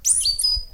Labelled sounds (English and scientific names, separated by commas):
Stitchbird (Notiomystis cincta) song